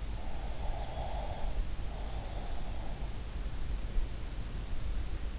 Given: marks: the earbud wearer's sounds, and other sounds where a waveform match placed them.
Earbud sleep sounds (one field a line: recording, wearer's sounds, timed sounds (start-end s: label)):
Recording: sounds in sleep by an in-ear microphone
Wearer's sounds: breath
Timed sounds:
0.23-2.75 s: breath